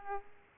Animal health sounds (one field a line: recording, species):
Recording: mosquito wingbeat signal from an infrared sensor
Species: Aedes aegypti